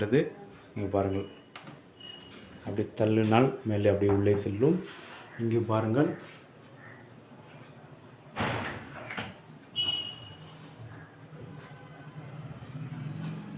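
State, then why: Not seated. A push-to-latch catch on a cupboard door is handled while someone talks, with a short knock near 1.6 s and a sharper tap near 9.1 s. The door has not yet locked shut, and nothing has seated or clicked yet.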